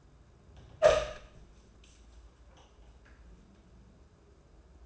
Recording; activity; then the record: daily activity, microphone in the room; open door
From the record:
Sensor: 2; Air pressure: 994.2 hPa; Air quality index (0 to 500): 203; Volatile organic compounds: 1000 ppm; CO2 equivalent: 6726 ppm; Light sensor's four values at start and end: 110/260/109/113 and 118/280/118/122